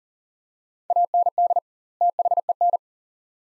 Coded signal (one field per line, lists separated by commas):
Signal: Morse code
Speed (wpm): 40 wpm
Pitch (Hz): 700 Hz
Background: none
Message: AND THEN